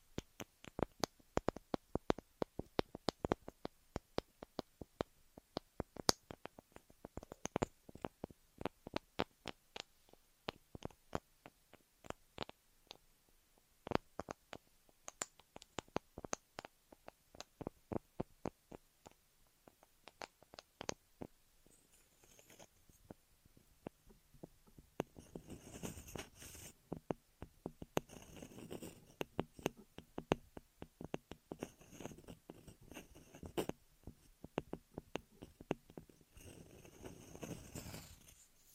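Close, crisp crackles and rubbing from an ear massage and cleaning, densely clustered at first, then shifting to softer scraping and muffled rustles.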